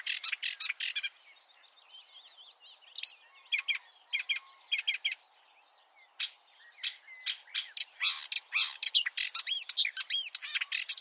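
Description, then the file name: Marsh warbler song, a varied chattering warble with sharp notes, short buzzy trills and looping whistled phrases, livelier toward the end. "suara-kicauan-burung-marsh-warbler -omkicau"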